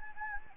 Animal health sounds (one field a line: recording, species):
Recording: mosquito wingbeat signal from an infrared sensor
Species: Anopheles gambiae